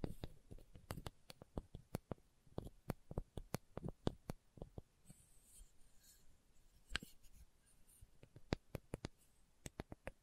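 Slow tapping in an ASMR style: sharp, dry taps land one at a time, roughly two per second, sometimes in quick pairs. Between them there is near silence. A faint scratchy rustle sits under the middle stretch before the tapping picks up again.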